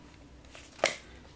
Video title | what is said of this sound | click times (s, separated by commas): new stationery collection, collection of pencil case, stationery kit, pen, eraser, crayon, pencil | यह lock हो गया फिर उसके बाद आपको यह कर देना है यह हो गया लॉक तो | 0.9 s